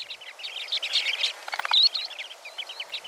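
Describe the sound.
Western Sandpipers chattering, a dense overlapping twitter of short high chirps, with a brief louder burst midway before the calls thin out.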